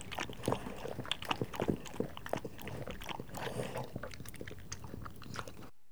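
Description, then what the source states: Dog lapping water, with many quick wet slurps. Dog drinking water, recorded close up.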